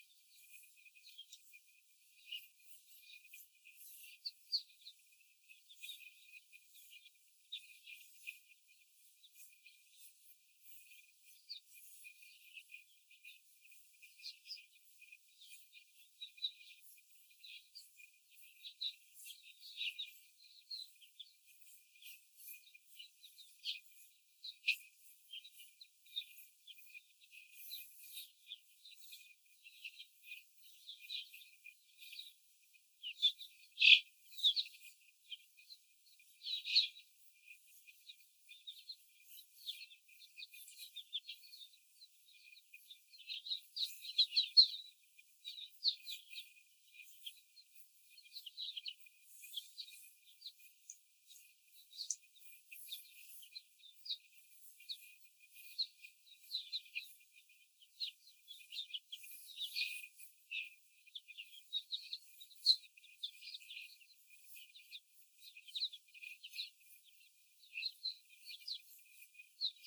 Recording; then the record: young laying hens in a cage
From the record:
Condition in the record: before the stressor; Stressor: simulated dog barking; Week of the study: 4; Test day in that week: 1